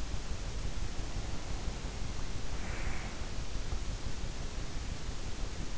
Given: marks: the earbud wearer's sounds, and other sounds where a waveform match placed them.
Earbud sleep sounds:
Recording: sounds in sleep by an in-ear microphone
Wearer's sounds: breath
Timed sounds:
0.93-3.32 s: breath

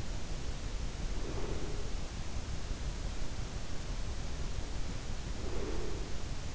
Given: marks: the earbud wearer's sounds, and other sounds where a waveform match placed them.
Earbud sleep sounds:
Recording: sounds in sleep by an in-ear microphone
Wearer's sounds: breath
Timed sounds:
0.85-2.08 s: breath
5.09-6.54 s: breath

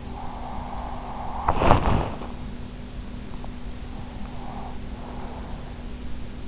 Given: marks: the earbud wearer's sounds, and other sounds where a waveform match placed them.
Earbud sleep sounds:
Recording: sounds in sleep by an in-ear microphone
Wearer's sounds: breath, body movement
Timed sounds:
0.00-1.35 s: breath
1.13-2.36 s: body movement
3.97-6.07 s: breath

